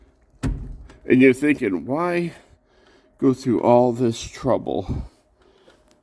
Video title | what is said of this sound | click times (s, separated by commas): Fitting seat tracks on old seats. | So there. And then it locks into place. | 0.4 s